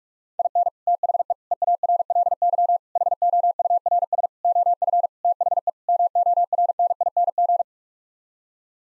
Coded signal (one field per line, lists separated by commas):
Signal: Morse code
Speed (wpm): 46 wpm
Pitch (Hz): 700 Hz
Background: none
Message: IN THE EARLY HOURS OF THE MORNING